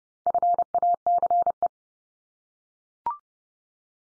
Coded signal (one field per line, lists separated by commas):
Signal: Morse code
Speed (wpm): 30 wpm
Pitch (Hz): 700 Hz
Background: none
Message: FACE